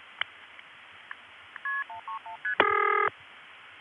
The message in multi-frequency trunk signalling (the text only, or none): KP131ST